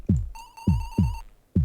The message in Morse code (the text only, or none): none